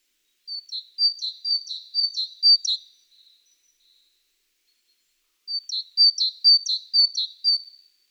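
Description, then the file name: Great tit singing in clear two-note phrases, a high note dropping to a lower one, repeated several times, then a pause and another matching run. "Parus major"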